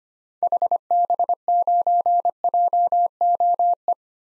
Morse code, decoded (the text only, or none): HB9JOE